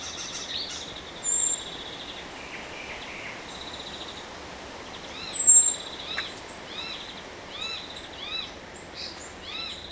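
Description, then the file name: Common blackbird high thin whistles at two moments, among many repeated arching chirps. "Turdus merula"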